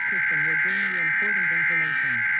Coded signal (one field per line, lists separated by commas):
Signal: Emergency Alert System (SAME) tones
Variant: header bursts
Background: speech